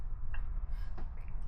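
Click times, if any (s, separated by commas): 0.3 s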